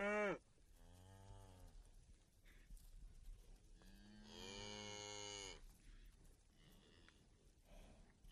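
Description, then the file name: Cow mooing: a brief loud call opens, then a low moo around one second and a longer, louder moo near four seconds. Several cows grazing in a field. "COW FIELD-OF-COWS-GRAZING"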